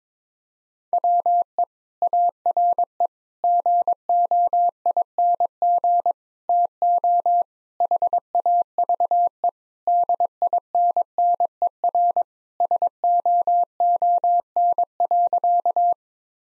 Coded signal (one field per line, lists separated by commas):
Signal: Morse code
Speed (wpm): 21 wpm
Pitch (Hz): 700 Hz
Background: none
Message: WE ARE GOING TO HAVE DINNER SOON.